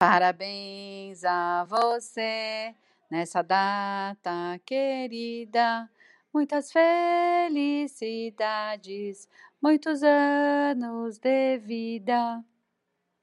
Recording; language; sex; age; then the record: short text; Brazilian Portuguese; female; 50 to 59 years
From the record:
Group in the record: control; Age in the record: 53 years